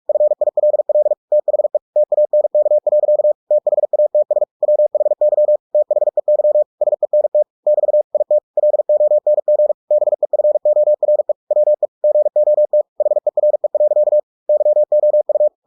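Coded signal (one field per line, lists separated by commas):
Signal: Morse code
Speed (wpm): 46 wpm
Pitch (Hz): 600 Hz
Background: none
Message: FILL THE TANK. THATS WHY THEY SENT <BT> IT LONG BEFORE WE GOT HERE. YOU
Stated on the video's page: Computer-generated Morse at 45 WPM, converted from a book with ebook2cw, for head-copy practice.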